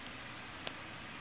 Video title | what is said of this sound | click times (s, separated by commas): How To Set Up Helicopter Electronics Part 1 | plug it until it snaps | 0.7 s